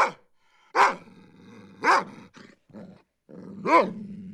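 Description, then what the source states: Large dog giving several deep barks, with a low rumbling growl running between them. Large dog barking and growling.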